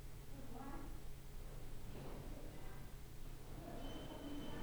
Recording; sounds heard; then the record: poultry house recording; no chicken sound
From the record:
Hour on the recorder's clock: 14